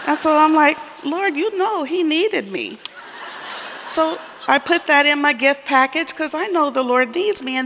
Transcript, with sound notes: So I’m, like, “Lord, You know he needed me.” (laughter) So I put that in my gift package because I know the Lord needs me.